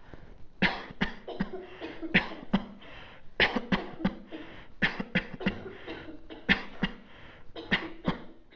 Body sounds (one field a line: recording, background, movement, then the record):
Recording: voluntary coughing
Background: a bystander coughing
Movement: sitting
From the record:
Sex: male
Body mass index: 22.0 kg/m2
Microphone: on the chest, facing outward